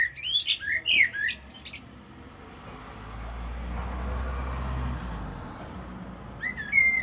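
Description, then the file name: Common blackbird singing a twittering whistled phrase, then a low rumbling background noise for a few seconds, then another short high phrase at the end. "Turdus merula"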